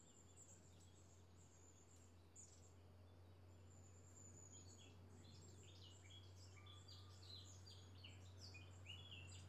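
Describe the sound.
Birds chirping, high short chirps and trills building up in the second half, over a steady low hum throughout.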